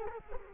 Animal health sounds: mosquito wingbeat signal from an infrared sensor; Culex quinquefasciatus

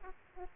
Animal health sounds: mosquito wingbeat signal from an infrared sensor; Aedes aegypti

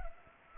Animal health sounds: mosquito wingbeat signal from an infrared sensor; Culex pipiens

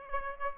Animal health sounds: mosquito wingbeat signal from an infrared sensor; Aedes aegypti

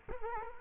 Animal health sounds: mosquito wingbeat signal from an infrared sensor; Culex quinquefasciatus

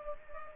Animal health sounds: mosquito wingbeat signal from an infrared sensor; Culex pipiens

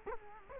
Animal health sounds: mosquito wingbeat signal from an infrared sensor; Culex quinquefasciatus

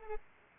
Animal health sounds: mosquito wingbeat signal from an infrared sensor; Anopheles arabiensis

